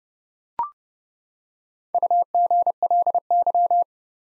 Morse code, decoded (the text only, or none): UGLY